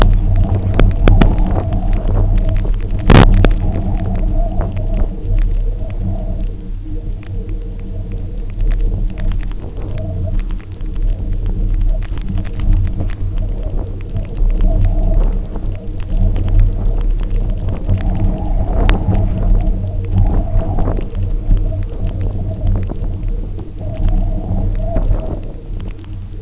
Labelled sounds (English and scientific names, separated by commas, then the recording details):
none
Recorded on Arctic tundra, site UTQI-0, on 27 June 2018
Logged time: 20:00